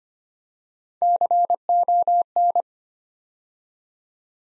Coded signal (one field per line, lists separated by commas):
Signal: Morse code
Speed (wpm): 25 wpm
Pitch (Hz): 700 Hz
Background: none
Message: CON